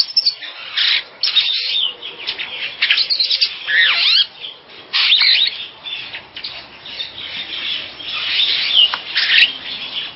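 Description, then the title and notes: Bird chirps and squawks with swooping notes, near-continuous, with louder bursts at irregular intervals. "Bird Sound. Kicau Burung Lengkap"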